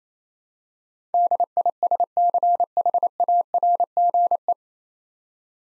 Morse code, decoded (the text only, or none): DISCHARGE